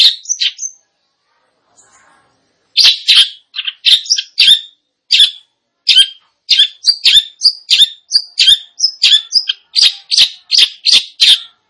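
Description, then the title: Long-tailed shrike giving a busy song of rasping notes and short whistles, pausing briefly near the start, then a sustained rapid run. "Cendet Gacor"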